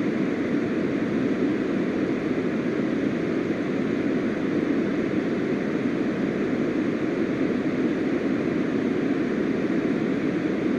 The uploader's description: uninterrupted pink noise